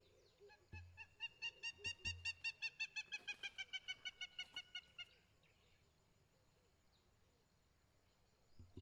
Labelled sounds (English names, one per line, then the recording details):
Hamerkop
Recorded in northern Uganda